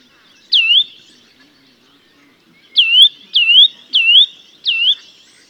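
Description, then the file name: Eurasian nuthatch calling: one sharp swooping 'tuit' note, a pause of about two seconds, then four more in quick succession. "Sitta europaea"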